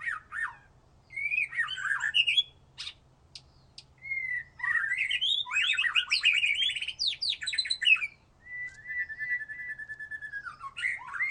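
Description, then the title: Oriental magpie-robin song with bursts of varied chirps and sharp clicks, long jumbled warbles, then a sustained level whistle followed by a drop. "Kicau Kacer"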